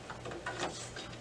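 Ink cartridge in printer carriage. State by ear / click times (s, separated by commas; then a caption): seated / 0.5 s. A new ink cartridge is slid into the carriage slot of an HP Officejet Pro 7740 printer and pushed straight in until it latches. Faint plastic taps come at 0.1 s, and the sharpest click lands at 0.5 s as the cartridge snaps home and seats. A softer sound follows near 1.0 s.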